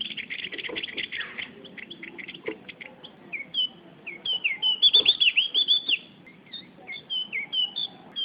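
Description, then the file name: Javan grey-throated white-eye giving rapid high chirps in a twittering run. "opiorjawa"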